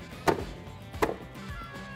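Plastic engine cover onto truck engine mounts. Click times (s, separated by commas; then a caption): 0.3 s. A plastic engine cover on a 2013-2018 RAM 1500 5.7L truck engine is slid straight back and pushed down onto its mounts after a BBK 90mm throttle body install. A sharp snap at 0.3 s marks it seating into place, with a second similar knock near 1.0 s and low background noise between.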